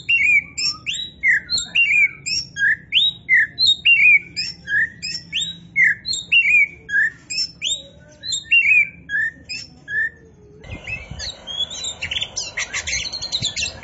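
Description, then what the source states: Oriental magpie-robin song, a fast run of short whistled and chirping notes repeated in quick bursts, then a harsher, noisier passage near the end. Kacer poci type of Oriental magpie-robin, singing in gacor style (vigorous, continuous song).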